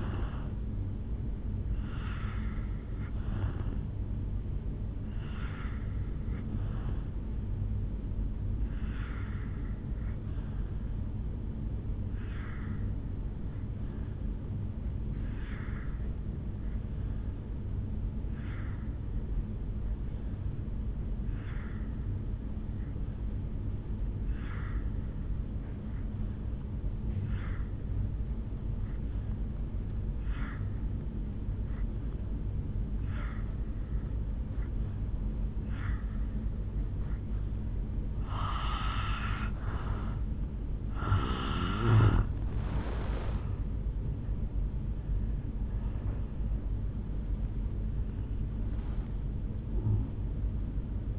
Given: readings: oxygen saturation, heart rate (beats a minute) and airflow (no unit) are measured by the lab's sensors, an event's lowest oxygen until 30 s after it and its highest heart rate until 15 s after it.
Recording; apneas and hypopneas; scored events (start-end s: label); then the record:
breathing in sleep by a smartphone at the bedside; 1
13.00-39.20 s: obstructive apnea (N2, oxygen 94% highest, then 81% lowest, heart rate 57 at the start, 76 highest)
From the record:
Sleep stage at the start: N2 (light sleep); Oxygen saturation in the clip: 82 to 94%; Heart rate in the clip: 57 to 76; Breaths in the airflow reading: 4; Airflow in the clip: -11.8 to 6.7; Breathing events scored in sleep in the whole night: 449 in 7.0 hours asleep